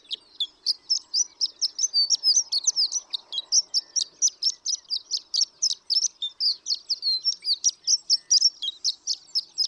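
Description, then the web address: Horned lark giving a sustained, high tinkling song of rapid squeaky notes, running on unbroken. "birdsongforthecurious Horned Lark"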